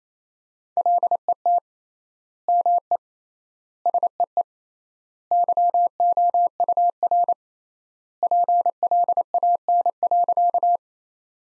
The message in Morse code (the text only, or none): LET ME SEE YOUR PLAN.